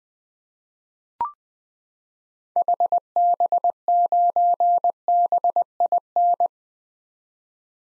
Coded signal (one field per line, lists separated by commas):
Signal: Morse code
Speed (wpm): 20 wpm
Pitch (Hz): 700 Hz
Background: none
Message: HB9BIN